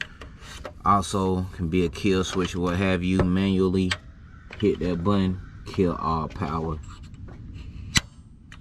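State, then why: Seated. Someone talks while pressing the manual reset button of a 100 amp, 12 volt circuit breaker that serves as a kill switch in the power circuit of an LS-swapped third-generation Camaro Z28, pushing it back in to restore power. A sharp click is heard at 8.5 s as the button seats and power comes back on.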